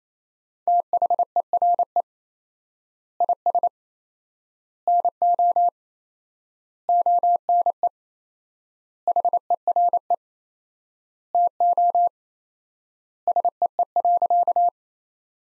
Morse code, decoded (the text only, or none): THERE IS NO ONE HERE TO SEE.